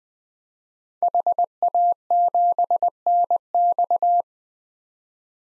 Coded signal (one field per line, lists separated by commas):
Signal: Morse code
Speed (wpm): 20 wpm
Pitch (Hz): 700 Hz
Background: none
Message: HA7NX